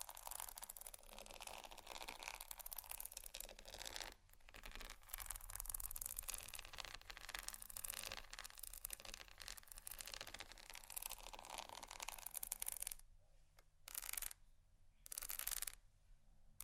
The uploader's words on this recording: ASMR Scratching Bumpy Items No Talking Rode Mics.